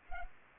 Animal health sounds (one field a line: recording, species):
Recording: mosquito wingbeat signal from an infrared sensor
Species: Culex pipiens